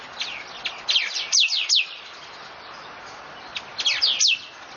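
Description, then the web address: Bird calls: bursts of sharp, high, downward-sliding chirps in two quick clusters, with quiet pauses between them over steady background hiss. Recorded 31 October 2013; species unidentified. "itoshikimono torinokoesyumeifumei 20131031"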